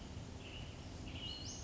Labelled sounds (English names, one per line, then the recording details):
Western Flycatcher
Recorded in Sonoma County, California